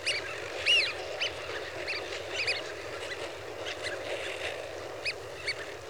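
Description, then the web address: Eurasian wigeon calls, a loud looping whistle followed by a run of shorter, fainter whistled notes over steady hiss. A flock of wigeon. "The BBC Sound Effects Library. Wigeon (Anas Penelope) Flock"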